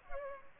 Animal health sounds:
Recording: mosquito wingbeat signal from an infrared sensor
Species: Culex pipiens

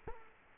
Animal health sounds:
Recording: mosquito wingbeat signal from an infrared sensor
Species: Culex quinquefasciatus

